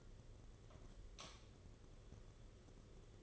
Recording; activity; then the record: daily activity, microphone in the room; light off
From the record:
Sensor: 4